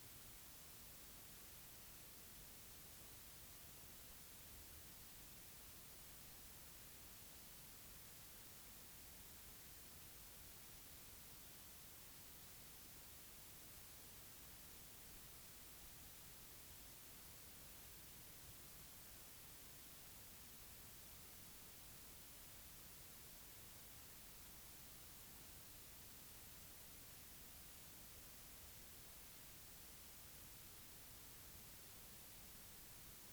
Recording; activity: daily activity, guitar pickup as the sensor; sit